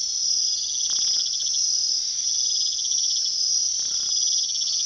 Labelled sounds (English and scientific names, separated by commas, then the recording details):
none
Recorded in secondary vegetation near Puerto Asís, Putumayo, Colombia, on 19 February 2024 at 01:30
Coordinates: 0.500, -76.326
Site G6428